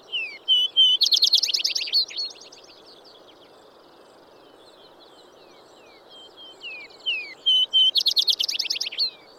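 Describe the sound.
Vesper sparrow song repeated about seven seconds apart: slurred whistles leading into a bright, fast trill, with quieter rambling notes between, over faint background hiss.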